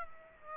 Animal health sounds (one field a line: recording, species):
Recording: mosquito wingbeat signal from an infrared sensor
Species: Aedes aegypti